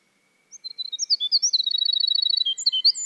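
Winter wren song beginning after a short pause, high scattered chips building into a rapid, even trill and then varied tinkling notes, with a faint steady tone underneath.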